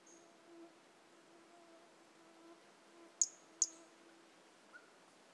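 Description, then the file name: Pumpkin toadlet calling with a pair of piercing high clicks close together, over a low steady hum and faint hiss. Individual 02, recorded 18 January 2018; specimen not collected. "Brachycephalus mirissimus 18 jan 2018 individual 02 ex 01 A E Confetti not collected"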